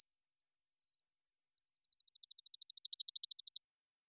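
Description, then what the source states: Brewer's sparrow song: high buzzy notes, then a fast, even trill of many repeated notes that slides slightly downward before stopping abruptly. Several males singing or counter-singing to one another, in a high subalpine sagebrush meadow in the Okanogan Mountains; sagebrush steppe, North America; mirthful, playful, bubbling voices.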